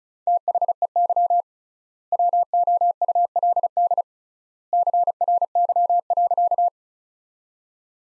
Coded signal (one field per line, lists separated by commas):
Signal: Morse code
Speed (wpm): 34 wpm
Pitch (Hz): 700 Hz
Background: none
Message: THEY WOULD CRY.